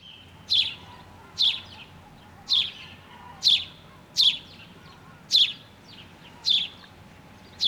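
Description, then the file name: House sparrow giving a series of eight loud, clipped chirps at an irregular pace, with a soft background hum. "Passer domesticus"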